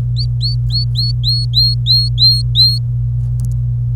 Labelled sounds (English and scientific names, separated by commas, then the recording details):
Domestic Canary (Serinus canaria) song
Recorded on 26 April 2018 at 11:54
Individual llb3